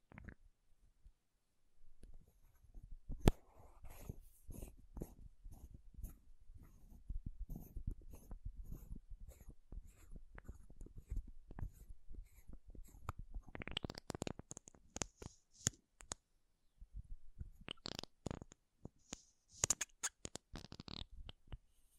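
Makeup tapping and scratching: dense, irregular taps and scratchy strokes run almost continuously from about two seconds on, with a sharp knock near three seconds. Brighter, rougher scratching bursts come around 14 and 18 seconds, with short pauses between.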